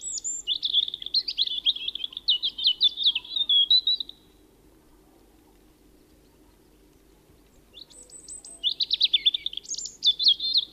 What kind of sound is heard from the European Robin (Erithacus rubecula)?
song